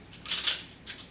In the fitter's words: it's on a tension rod and it just pops right into place